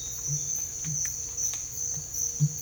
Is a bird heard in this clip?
no